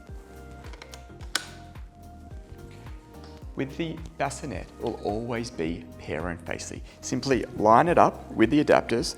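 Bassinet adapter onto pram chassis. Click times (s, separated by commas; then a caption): 1.4 s. A plastic bassinet adapter is slid onto the tube of a NUVO pram chassis and seats with a sharp click at 1.4 s, following a few softer sliding taps. Background music plays throughout, and someone starts talking at about 4 seconds.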